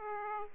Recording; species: mosquito wingbeat signal from an infrared sensor; Aedes aegypti